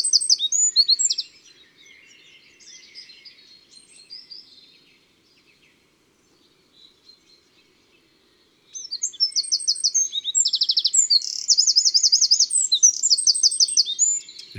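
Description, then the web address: Eurasian wren song: loud high trilling phrases with rapid rattles, a long quiet gap, then another energetic burst of trills and buzzy notes. In February. "Fevrier Le Troglodyte mignion. les 4 saisons des chants doiseaux"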